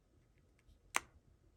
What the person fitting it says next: and you can hear the click of the magnet connecting